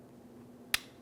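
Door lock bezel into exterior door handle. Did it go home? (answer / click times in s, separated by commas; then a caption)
yes / 0.7 s. A plastic door lock bezel for the front exterior door handle of a 2003-2008 Toyota Matrix is put in rounded side first, then pressed in on the flat side. A quiet background breaks for one sharp, bright click at 0.7 s. The bezel snaps home and is seated, and a wiggle test confirms it.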